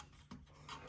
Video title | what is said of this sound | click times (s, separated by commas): Should You Spend $150 to Upgrade Your Kreg Pocket Hole Jig // 720 Pro vs K4 Review | and that securely locks in place. | 0.3 s